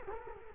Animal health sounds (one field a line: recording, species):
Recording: mosquito wingbeat signal from an infrared sensor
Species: Culex quinquefasciatus